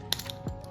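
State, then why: Released. The hip/leg joint piece of a plastic S.H. Figuarts Super Saiyan Full Power Son Goku action figure pops off its joint with a sharp plastic snap at 0.1 s when the legs are spread wider than the hip piece allows, followed by two fainter clicks. Someone talks briefly afterward as the piece comes free.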